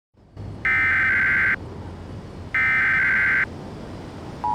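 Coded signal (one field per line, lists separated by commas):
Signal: Emergency Alert System (SAME) tones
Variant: header bursts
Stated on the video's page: Real hurricane warning alert tones received in LSIA.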